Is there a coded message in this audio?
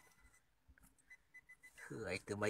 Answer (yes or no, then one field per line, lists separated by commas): no